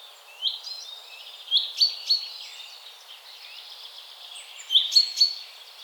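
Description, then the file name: Common chaffinch calls with short high chirps in loose clusters, some sharp single notes and quick pairs, against a hiss of faint high background birdsong. "Fringilla coelebs"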